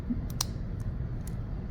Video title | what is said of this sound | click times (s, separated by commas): PT-6a Fuel Nozzle Testing with the Bauer 1019-PT6 Model 90086 Tester | you heard that click, that's how you know it's on there good. | 0.4 s